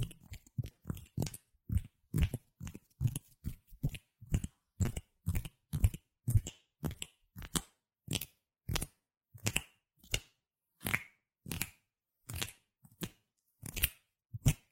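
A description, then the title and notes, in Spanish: Hand sounds: a steady run of short slaps and smacks, roughly two per second, each a sharp full-bodied burst with a dull low thump underneath. The pace loosens slightly toward the end, with quiet gaps between hits and no other background sound. ASMR Sonidos de manos. Chasquidos, frotaciones, palmadas y demás. SIN HABLAR.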